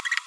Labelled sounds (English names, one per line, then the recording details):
Green-rumped Parrotlet babbling
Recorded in a nest box in Venezuela
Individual 18B25A4